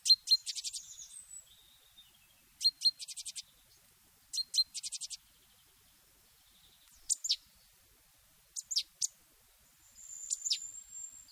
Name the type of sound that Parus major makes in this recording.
song